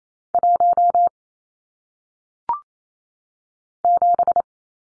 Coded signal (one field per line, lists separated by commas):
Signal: Morse code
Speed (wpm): 28 wpm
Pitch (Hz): 700 Hz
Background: none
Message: 1 7